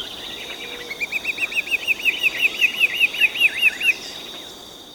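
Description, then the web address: Yellow-cheeked becard giving a run of brief whistled notes lasting about three seconds, with constant hiss behind. Recorded in Ecuador. "Natures Songs S America Birds of Ecuador Yellow-cheeked Becard"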